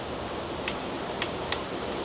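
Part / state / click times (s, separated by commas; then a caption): transmission pan bolt in threaded hole of transmission case / stripped / 0.7 s, 1.2 s, 1.5 s, 2.0 s. A wrench turns a steel pan bolt in the aluminium case of a Nissan Pathfinder CVT transmission while the pan bolts are checked one by one, over a steady broadband noise. Sharp metallic clicks sound at 0.7, 1.2, 1.5 and 2.0 seconds, but the bolt keeps turning without tightening. The threaded hole in the case is stripped.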